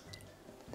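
The USB plug of an LED TV backlight strip is pushed into the USB port on the back of a TV, giving a short, sharp click at 0.1 s and a smaller tick just after at 0.2 s. The plug seats in the port over a faint low background hum, with a louder rise at the very end.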